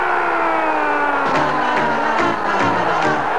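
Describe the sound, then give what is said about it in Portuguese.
A stadium crowd roars steadily and loudly as Deportivo Cali's Zapata shoots the fifth penalty wide and Palmeiras win the 1999 Copa Libertadores, with sustained horn-like tones sliding in pitch and a run of rhythmic, punchy bursts of shouting rising out of the din. “Torcida de pé, grito de fora.”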